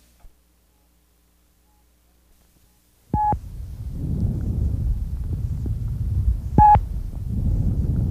Normal vesicular breath sounds. There is no pause between inspiration and expiration. Modern engineering concepts make it more likely that the sounds emanate from the turbulent flow of air in the lobar and segmental bronchi, not the alveoli.